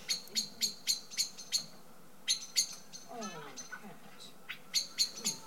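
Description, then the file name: Common blackbird uttering clipped chink notes in short bursts, with another bird's quick descending notes in a pause between them. "Turdus merula"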